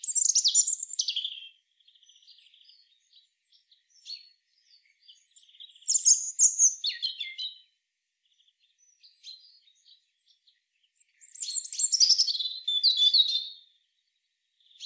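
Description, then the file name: European robin singing separate high, sweet phrases, each a quick jumble of thin whistles and trills, spaced by a few seconds of quieter scattered notes. "Erithacus rubecula"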